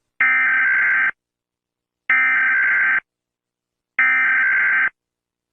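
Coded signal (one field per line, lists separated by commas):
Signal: Emergency Alert System (SAME) tones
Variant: header bursts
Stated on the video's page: Fictional EAS scenario, not a real alert.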